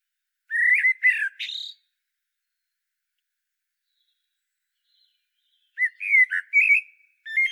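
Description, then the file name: Common blackbird singing phrases of mellow whistled notes with higher squeaky endings: two about four seconds apart, then the start of a third at the end. "Turdus merula"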